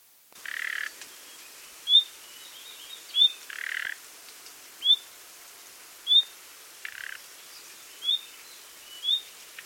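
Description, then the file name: Common nightingale calls: short, sharp whistled notes repeated every one to two seconds, with a few duller rasping bursts in between. "Luscinia megarhynchos"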